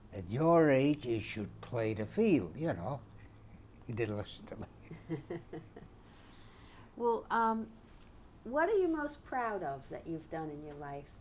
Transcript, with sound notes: At your age you should play the field, you know. He didn't listen to me.
( she laughs ) Well, what are you most proud of that you've done in your life?